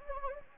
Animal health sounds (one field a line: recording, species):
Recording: mosquito wingbeat signal from an infrared sensor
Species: Anopheles gambiae